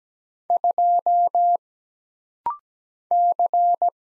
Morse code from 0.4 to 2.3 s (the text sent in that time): 2